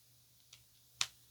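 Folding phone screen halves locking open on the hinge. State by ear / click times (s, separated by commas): seated / 1.0 s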